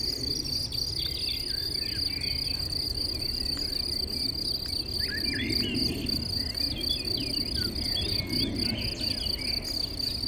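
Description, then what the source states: Crickets trill in a continuous high chorus; birds chirp busily over a low traffic rumble. Chorus of crickets in a sunny west-facing sloping meadow at Chindrieux, France, with birdsong from surrounding trees and traffic noise from a nearby road.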